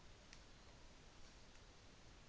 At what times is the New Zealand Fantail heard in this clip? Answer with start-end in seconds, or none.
none